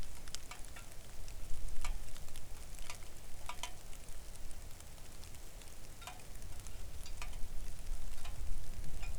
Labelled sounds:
rain
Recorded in the Arctic National Wildlife Refuge, Alaska, on 3 August 2019 at 05:51
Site 41

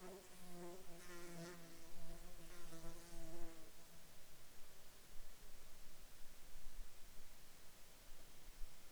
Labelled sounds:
insects
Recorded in Ivvavik National Park, Yukon, on 17 July 2019 at 00:35
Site SINP03

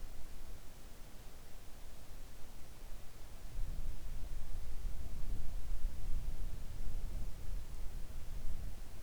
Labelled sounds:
near silence
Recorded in the Arctic National Wildlife Refuge, Alaska, on 3 August 2019 at 05:11
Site 41

